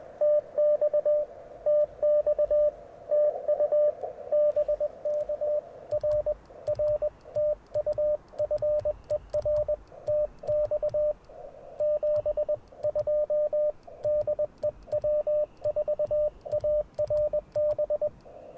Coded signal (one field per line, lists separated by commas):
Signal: Morse code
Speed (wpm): 21 wpm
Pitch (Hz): 590 Hz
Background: radio noise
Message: TX TX TU BK RR TU FER TX 72 DE W4ARB